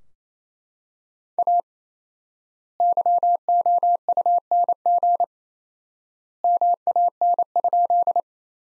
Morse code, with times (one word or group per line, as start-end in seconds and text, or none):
1.4-1.6 A
2.8-5.2 YOUNG
6.4-8.2 MAN?